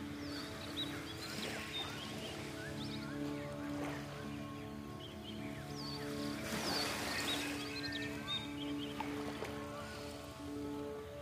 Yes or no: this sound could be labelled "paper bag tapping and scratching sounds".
no